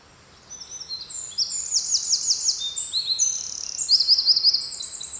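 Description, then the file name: Eurasian wren song: a rapid, high-pitched outpouring of tinkling notes and fast buzzy trills, rising in loudness after a quiet start. "Troglodytes troglodytes"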